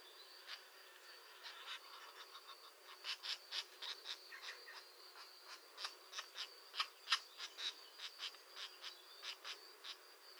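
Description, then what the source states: European green woodpecker, soft scattered clicks building after a few seconds into a quicker, louder series of sharp knocks, then continuing steadily. A pair active at the nest.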